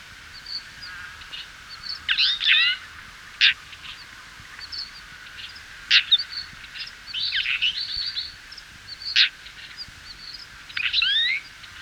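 Twite song: scattered twittering chirps and short buzzy notes, with brief rapid bursts every second or two over a steady background hiss.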